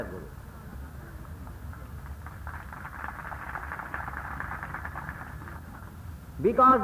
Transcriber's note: applause